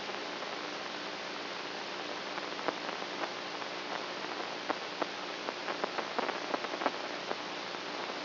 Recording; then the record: brain microelectrode recording played as sound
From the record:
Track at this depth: inside the subthalamic nucleus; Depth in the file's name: 4.501 mm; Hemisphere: right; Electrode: 3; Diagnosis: Parkinson's disease